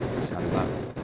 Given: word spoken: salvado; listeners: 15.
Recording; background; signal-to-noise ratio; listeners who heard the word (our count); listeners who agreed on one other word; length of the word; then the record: one Spanish word in noise, from a listening test; noise modulated by three-talker babble; -5.7 dB; 0 of 15; 6 of 15; 0.63 s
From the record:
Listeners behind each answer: 6, 5, 2, 1, 1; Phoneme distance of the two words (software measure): 20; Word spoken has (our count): 3 syllables, 7 phonemes, stress on syllable 2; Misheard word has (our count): 3 syllables, 7 phonemes, stress on syllable 2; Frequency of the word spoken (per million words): 9.78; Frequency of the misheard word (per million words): 14.80